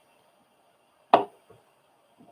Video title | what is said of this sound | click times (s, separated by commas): LIVE Natter time with Cal's Crafts | You hear it? Did you hear the pop? | 1.1 s